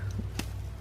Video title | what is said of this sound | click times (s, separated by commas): Epic Turbo Minivan Burnout! (First Real Burnout at the New Shop) | Oh, damn, that snaps right in. | 0.4 s